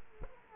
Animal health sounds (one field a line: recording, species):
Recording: mosquito wingbeat signal from an infrared sensor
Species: Culex quinquefasciatus